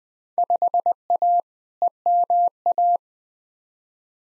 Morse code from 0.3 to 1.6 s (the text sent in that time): 5A